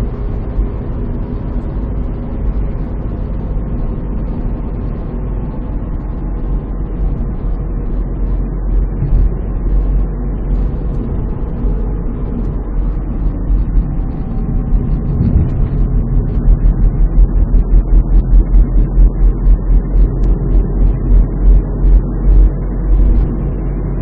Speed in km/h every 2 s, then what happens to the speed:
80, 76, 73, 70, 71, 72, 65, 64, 66, 68, 71, 75.
0-5 slows to 70. 5-10 steady at about 71. 10-13 slows to 64. 13-24 speeds up to 75.